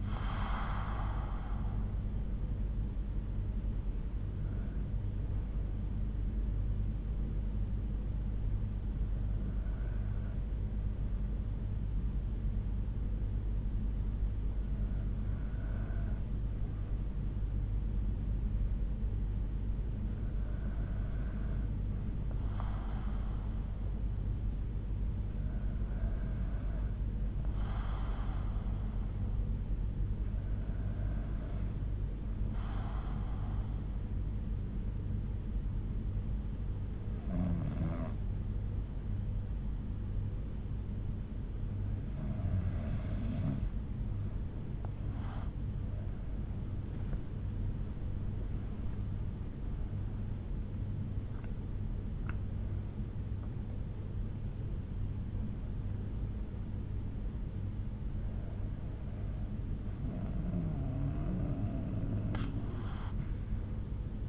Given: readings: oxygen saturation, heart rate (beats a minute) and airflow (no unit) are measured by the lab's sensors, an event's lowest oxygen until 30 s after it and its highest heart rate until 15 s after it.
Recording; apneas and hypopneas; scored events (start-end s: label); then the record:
breathing in sleep by a smartphone at the bedside; 1
10.00-43.40 s: hypopnea (N1, oxygen 96% highest, then 91% lowest, heart rate 60 at the start, 81 highest)
13.00-43.00 s: new sleep stage, N2 (light sleep)
43.00-64.29 s: new sleep stage, N1 (lightest sleep)
From the record:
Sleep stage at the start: N1 (lightest sleep); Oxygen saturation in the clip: 91 to 96%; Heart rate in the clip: 59 to 81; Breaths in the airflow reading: 12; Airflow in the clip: -9.0 to 9.7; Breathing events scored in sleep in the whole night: 368 in 8.0 hours asleep